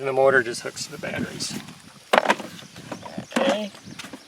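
Someone talks while handling a cover or panel on the body of a homemade solar-powered five-cooler fishing boat, near its batteries and charge controller. Sharp knocks ring out around 2.2 and 2.3 seconds, followed by softer taps near 2.9 and 3.1 seconds. The cover has not snapped back into place yet, and nothing has seated.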